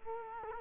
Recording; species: mosquito wingbeat signal from an infrared sensor; Culex quinquefasciatus